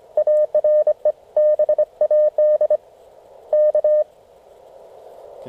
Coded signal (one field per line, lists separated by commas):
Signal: Morse code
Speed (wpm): 25 wpm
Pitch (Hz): 610 Hz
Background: none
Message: ARE BAD K